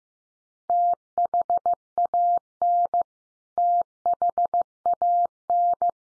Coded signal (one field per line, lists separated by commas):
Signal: Morse code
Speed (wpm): 15 wpm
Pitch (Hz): 700 Hz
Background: none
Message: THAN THAN